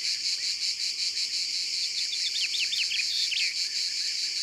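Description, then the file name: Common chaffinch song, a quick series of bright descending notes over about one and a half seconds, almost drowned by a loud, steadily pulsing insect chorus. Ardèche. "Pinson-Des-Arbres-Concerts-Naturels-De-l Ardeche"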